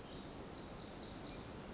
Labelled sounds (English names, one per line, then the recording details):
Pacific Wren
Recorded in Sonoma County, California